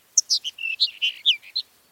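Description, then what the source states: Sagebrush Sparrow song of separate high chipped and slurred notes in a loose, uneven sequence lasting about a second and a half. Plaintive song.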